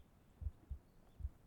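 Soft, low, muffled thumps in a lub-dub pattern: one pair, then the start of the next beat, about 75 beats a minute. It is a steady, regular adult heartbeat heard with the ear close against the chest, as during a hug.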